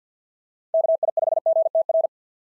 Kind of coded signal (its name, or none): Morse code